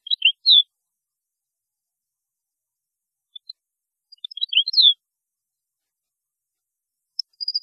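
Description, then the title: European goldfinch song fragments: quick chirps and a falling slurred note, a pause, then another twittering burst and a few high notes at the close. "Chant Chardonneret"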